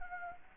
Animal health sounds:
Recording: mosquito wingbeat signal from an infrared sensor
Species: Anopheles arabiensis

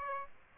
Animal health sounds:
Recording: mosquito wingbeat signal from an infrared sensor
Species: Aedes aegypti

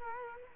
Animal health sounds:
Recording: mosquito wingbeat signal from an infrared sensor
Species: Culex quinquefasciatus

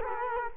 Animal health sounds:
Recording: mosquito wingbeat signal from an infrared sensor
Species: Culex quinquefasciatus

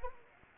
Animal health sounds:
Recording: mosquito wingbeat signal from an infrared sensor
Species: Anopheles arabiensis

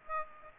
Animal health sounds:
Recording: mosquito wingbeat signal from an infrared sensor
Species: Aedes aegypti

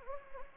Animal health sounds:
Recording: mosquito wingbeat signal from an infrared sensor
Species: Anopheles gambiae

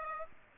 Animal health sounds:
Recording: mosquito wingbeat signal from an infrared sensor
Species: Aedes aegypti

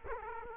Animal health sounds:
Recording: mosquito wingbeat signal from an infrared sensor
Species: Culex quinquefasciatus

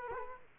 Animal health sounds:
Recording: mosquito wingbeat signal from an infrared sensor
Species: Culex quinquefasciatus

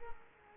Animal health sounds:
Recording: mosquito wingbeat signal from an infrared sensor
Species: Culex pipiens

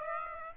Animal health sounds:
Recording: mosquito wingbeat signal from an infrared sensor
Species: Aedes aegypti

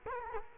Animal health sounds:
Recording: mosquito wingbeat signal from an infrared sensor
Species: Culex quinquefasciatus

